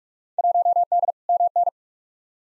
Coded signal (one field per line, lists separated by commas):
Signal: Morse code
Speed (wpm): 46 wpm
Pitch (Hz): 700 Hz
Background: none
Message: 1D MN